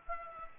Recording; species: mosquito wingbeat signal from an infrared sensor; Aedes aegypti